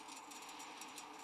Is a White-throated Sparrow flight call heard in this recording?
no